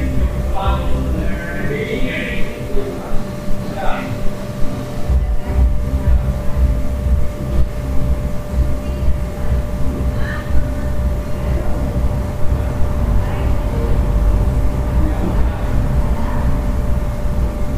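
Sounds from a hostel room in Central America: a steady low rumble and hum run throughout, with a thin constant whine on top. Voices and short clattering knocks come and go, busiest in the first four seconds and again around ten and thirteen seconds.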